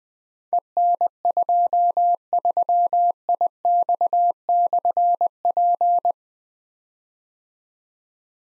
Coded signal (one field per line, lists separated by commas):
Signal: Morse code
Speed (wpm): 20 wpm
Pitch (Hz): 700 Hz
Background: none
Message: EN23IX/P